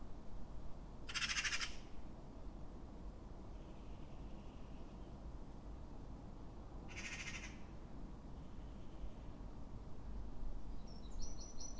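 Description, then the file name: Eurasian wren churring calls: two harsh, rasping bursts about six seconds apart, with a faint high trill near the end and low background rumble throughout. "Troglodytes troglodytes"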